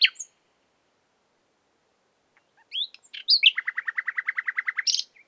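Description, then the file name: Common nightingale song: a short high note, a pause, a rising whistle, then a fast, even run of many repeated notes ending in a buzzy flourish. "Luscinia megarhynchos"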